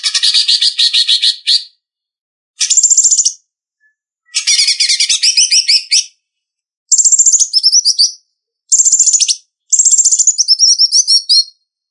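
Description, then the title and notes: Greater green leafbird song of six separate phrases, each a quick run of high twittering and looping whistled notes, divided by short pauses. "Cucak Ijo"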